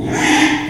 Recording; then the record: squeal of a Yucatan mini pig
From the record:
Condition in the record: after surgery on the right vocal fold (resection and tissue-engineered implant); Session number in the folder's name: 3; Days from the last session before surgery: 33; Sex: male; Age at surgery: 12 weeks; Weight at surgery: 13 kg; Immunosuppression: cyclosporine, prednisolone